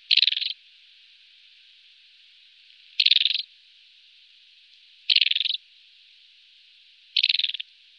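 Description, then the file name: Desert wheatear uttering harsh rattling bursts, four in eight seconds at roughly two- to three-second intervals, each briefly trilled and fading, against a constant high hiss. "Okenstenskvatta"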